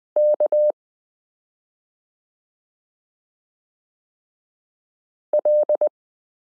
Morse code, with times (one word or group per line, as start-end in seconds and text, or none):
0.2-0.7 K
5.3-5.9 L